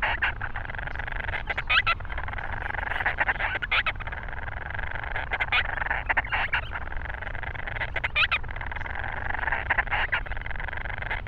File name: Grants Storm Petrel